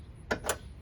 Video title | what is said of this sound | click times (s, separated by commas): PSA Turned Ford Focus A/C Service 03-08 | this one you'll actually hear it click down so | 0.3 s